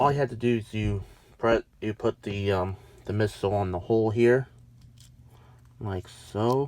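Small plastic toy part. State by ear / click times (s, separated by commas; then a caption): not seated / none. Someone talks while fitting a small plastic missile onto the hole of the spring launcher on a Star Wars: Galaxy of Adventures Boba Fett action figure. During a pause in the speech, faint short handling taps come at about 4.8, 5.0 and 5.7 seconds. The missile has not seated or clicked into the launcher yet.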